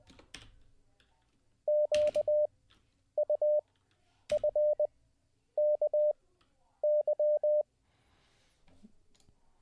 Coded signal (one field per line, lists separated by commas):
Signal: Morse code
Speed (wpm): 20 wpm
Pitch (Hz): 600 Hz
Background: none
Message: QUFKY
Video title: How To Learn Morse Code LIVE with N0SSC (Day 17)